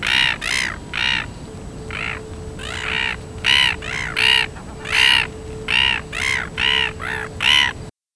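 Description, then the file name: Red-billed gulls calling: harsh, raucous squawks, repeated roughly every half second to a second, with a low steady hum underneath. Several gulls calling, Otago Peninsula, New Zealand. "Red-billed gulls calling, Otago Peninsula, NZ"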